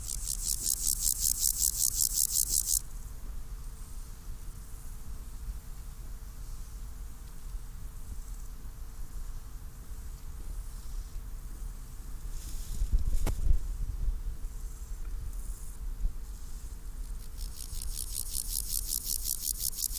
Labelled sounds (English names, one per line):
Water-meadow Grasshopper stridulation